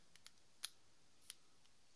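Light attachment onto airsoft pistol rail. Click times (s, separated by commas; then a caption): 0.7 s. A plastic torch/light attachment is slid onto the accessory rail of an airsoft pistol until it locks in place. Small clicks come at 0.2 s and 0.3 s, then a sharp, bright click at 0.7 s as it locks, followed by a softer click at 1.3 s. The light is seated on the rail.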